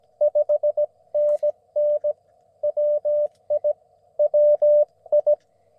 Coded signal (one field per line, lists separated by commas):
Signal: Morse code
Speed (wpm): 20 wpm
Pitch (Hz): 600 Hz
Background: none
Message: 5NN WI WI